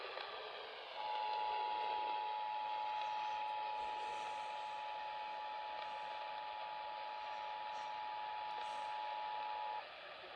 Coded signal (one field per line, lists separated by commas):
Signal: Emergency Alert System (SAME) tones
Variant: 853 and 960 Hz attention tone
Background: speech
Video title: Los Angeles County Monthly EAS Test (+ Untoned Bulletins over KIH31) (EAS #1,096-1,102)